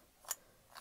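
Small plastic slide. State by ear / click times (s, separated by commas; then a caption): not seated / none. A sliding section near the pen tip of a plastic toy sonic screwdriver is pushed toward the position where it is meant to lock, but after long use it no longer locks. Only light plastic taps are heard, around 0.3 s and again near 0.8 s. Nothing locks into place.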